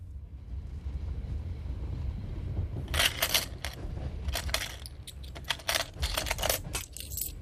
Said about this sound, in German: Hab nur das Geld in der Kasse nachgezählt. Leg das Geld wieder rein. Ich wollte mich nur überzeugen, dass nichts fehlt.